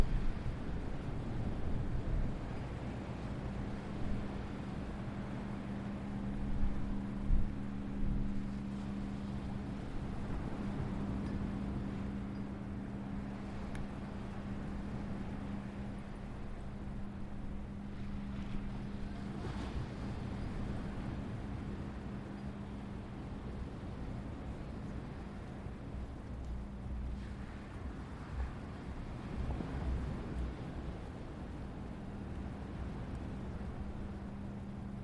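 Ambience at Asbury Park Beach, dominated by a steady low rumble with a droning, engine-like hum that holds a fairly even level throughout. Brief louder swells and bumps rise around 7 seconds, near 19 seconds, and again between 27 and 30 seconds.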